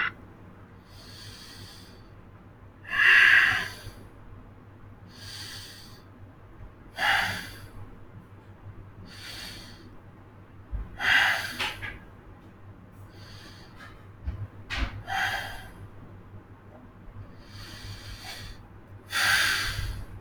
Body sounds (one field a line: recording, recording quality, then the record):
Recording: deep breathing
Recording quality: moderate, slight background noise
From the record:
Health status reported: healthy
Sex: male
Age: 19 years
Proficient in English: yes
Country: India